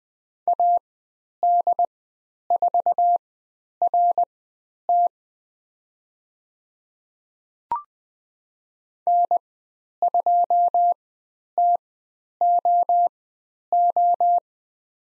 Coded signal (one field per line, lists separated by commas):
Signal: Morse code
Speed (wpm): 20 wpm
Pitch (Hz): 700 Hz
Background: none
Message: AD4RT N2TOO